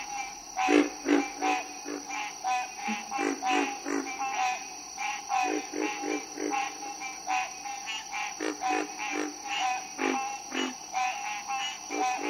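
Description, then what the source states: Green tree frog chorus of harsh, repeated quanks overlapping other calling frogs above a continuous high-pitched trill. Harsh quanks in a mixed-species breeding chorus with cricket trills; Florida swamp, April; stereo recording.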